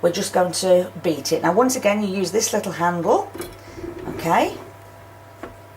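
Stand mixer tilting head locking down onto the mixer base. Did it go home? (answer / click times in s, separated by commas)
yes / 5.4 s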